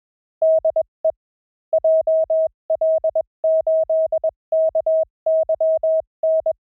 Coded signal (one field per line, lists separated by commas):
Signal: Morse code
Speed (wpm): 21 wpm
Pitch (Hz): 640 Hz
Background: none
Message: DE JL8KYN